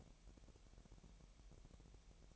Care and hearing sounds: daily activity, microphone in the room; take from stove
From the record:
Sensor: 1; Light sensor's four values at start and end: 75/177/76/81 and 75/177/76/80

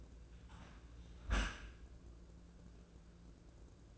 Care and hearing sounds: daily activity, microphone in the room; close dishwasher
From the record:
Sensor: 2

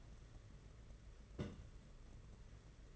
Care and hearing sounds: daily activity, microphone in the room; place on stove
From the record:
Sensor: 4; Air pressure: 992.8 hPa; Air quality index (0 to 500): 175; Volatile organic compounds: 322 ppm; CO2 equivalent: 4529 ppm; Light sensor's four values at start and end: 5/11/4/5 and 5/11/4/5

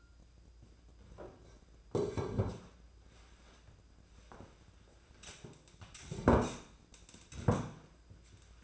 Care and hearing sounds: daily activity, microphone in the room; sit down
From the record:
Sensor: 2

